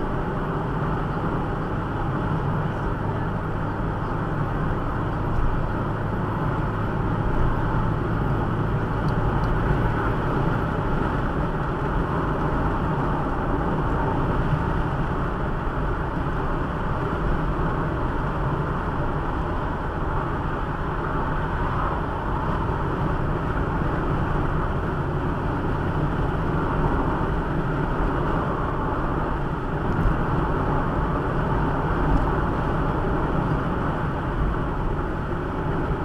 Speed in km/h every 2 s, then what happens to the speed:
75, 78, 79, 81, 83, 83, 82, 81, 79, 80, 81, 82, 83, 83, 84, 83, 83, 83.
0-8 speeds up to 83. 8-36 steady at about 83.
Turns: none.